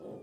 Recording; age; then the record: pig call; piglet (1 to 25 days)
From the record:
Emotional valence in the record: negative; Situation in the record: long isolation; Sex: female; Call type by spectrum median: low-frequency call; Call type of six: low-frequency stable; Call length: 0.23 s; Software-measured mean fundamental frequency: 63 Hz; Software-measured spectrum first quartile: 284 Hz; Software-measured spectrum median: 412 Hz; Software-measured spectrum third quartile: 545 Hz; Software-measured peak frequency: 512 Hz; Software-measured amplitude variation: 94 dB a second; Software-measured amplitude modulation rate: 28.3 a second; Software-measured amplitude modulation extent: 3.3 dB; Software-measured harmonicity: 2.5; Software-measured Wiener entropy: 0.14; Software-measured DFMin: 1091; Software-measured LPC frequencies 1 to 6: 494, 2435, 3286, 4956, 6109, 7382 Hz